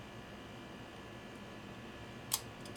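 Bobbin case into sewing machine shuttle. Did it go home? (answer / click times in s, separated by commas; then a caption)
yes / 2.3 s. A metal bobbin or bobbin case is fitted into the shuttle area of a 1956 Atlas sewing machine, where it can slip into the wrong position. After a low, steady background hum, it snaps home with a single short, sharp click at 2.3 s. The bobbin case is seated.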